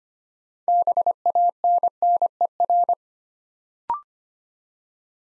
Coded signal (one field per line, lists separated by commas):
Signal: Morse code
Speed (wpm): 25 wpm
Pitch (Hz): 700 Hz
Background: none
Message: BANNER